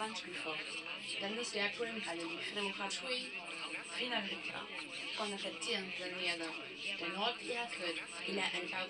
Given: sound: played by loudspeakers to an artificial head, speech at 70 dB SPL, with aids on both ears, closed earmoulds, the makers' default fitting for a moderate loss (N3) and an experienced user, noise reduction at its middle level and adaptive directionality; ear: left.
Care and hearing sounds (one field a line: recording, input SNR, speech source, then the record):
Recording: speech test signal (ISTS) in cocktail-party noise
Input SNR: +6 dB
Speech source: on the right (90 degrees)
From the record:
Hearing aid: class 2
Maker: C